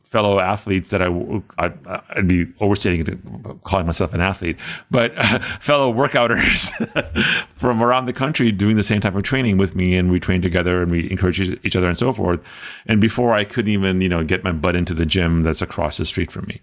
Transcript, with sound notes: fellow athletes that I-I’d be overstating it, calling myself an athlete-but fellow workouters [laughs] from around the country doing the same type of training with me, and we train together, and we encourage each other, and so forth. And before, I couldn’t even get my butt into the gym that’s across the street from me.